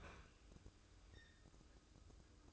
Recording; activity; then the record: daily activity, microphone in the room; open fridge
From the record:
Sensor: 2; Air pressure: 995.0 hPa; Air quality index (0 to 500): 67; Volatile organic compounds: 2 ppm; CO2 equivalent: 1153 ppm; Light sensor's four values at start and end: 18/57/22/21 and 18/57/22/21